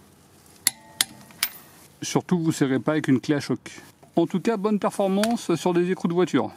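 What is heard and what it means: A torque wrench set to 110 Nm is tightened on a car wheel nut and gives a sharp double click at 0.7 s and 1.0 s, reaching its setting. A fainter metallic tick follows around 1.4 s, and then someone talks.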